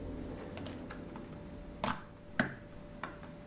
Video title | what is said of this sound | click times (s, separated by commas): GoPro Hero 4 Session unboxing & review : FR | on constatera aucun problème donc ça s'enclenche parfaitement donc ensuite il reste plus qu'à serrer et | 2.4 s